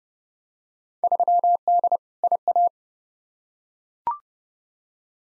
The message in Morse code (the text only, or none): 3D IA